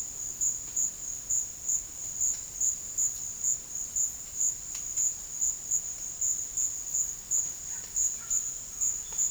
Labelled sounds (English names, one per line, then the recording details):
none
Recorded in dense forest near Puerto Asís, Putumayo, Colombia, on 12 March 2025 at 17:00
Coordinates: 0.484, -76.325
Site G045